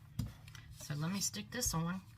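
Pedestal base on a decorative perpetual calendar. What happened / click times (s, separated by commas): The plastic base is being handled but has not snapped home yet / none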